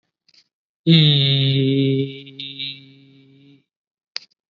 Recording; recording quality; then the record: sustained vowel as in beet; excellent, no background noise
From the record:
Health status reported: COVID-19 positive, moderate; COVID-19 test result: positive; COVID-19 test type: RT-PCR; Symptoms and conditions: cough, fever, fatigue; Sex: male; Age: 46 years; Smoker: no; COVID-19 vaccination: both doses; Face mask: worn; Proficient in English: yes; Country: India